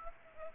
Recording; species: mosquito wingbeat signal from an infrared sensor; Aedes aegypti